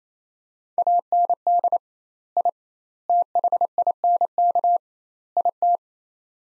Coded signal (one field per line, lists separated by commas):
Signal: Morse code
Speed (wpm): 28 wpm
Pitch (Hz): 700 Hz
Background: none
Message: AND I THINK IT